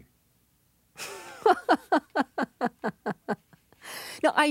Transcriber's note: laughs